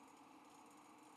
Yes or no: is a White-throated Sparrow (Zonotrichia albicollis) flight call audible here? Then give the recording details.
no. No flight call is heard. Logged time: 07:59 on 5 December 2014